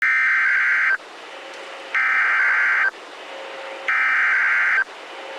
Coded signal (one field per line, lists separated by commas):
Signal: Emergency Alert System (SAME) tones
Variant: header bursts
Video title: Severe Thunderstorm Warning (4/21/26) [EAS #401]